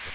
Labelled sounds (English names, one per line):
Magnolia Warbler flight call